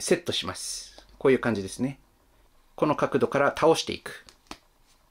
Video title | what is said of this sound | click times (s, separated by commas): グリッドマンユニバース【THE合体 超竜王合体超人 DX ローグカイゼルグリッドマン】変形合体を徹底レビュー！【ビッグゴルドバーン】/ Rogue Kaiser Gridman | するとパチッとはまります | 4.5 s